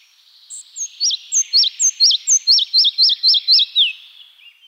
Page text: پرندگان ایران: مگس گیر سینه سرخ. مگس گیر سینه سرخ - صدا. Red-breasted Flycatcher